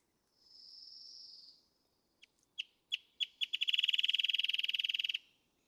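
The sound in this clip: Wrentit song: a high thin note, then sharp notes speeding up into a fast bouncing-ball trill of ringing pips that ends abruptly.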